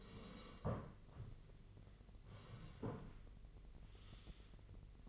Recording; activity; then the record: daily activity, microphone in the room; sit down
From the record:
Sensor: 4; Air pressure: 1013.1 hPa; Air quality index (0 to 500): 174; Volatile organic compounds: 2 ppm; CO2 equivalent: 1098 ppm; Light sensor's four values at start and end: 49/121/51/55 and 49/121/51/55